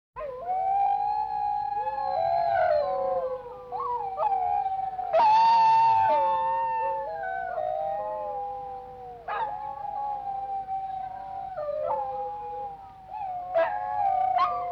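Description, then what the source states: Wolf howls from several animals, sustained wavering tones that rise and fall and overlap, with sharp yips and a loud harsh burst near the middle. Several wolves howling.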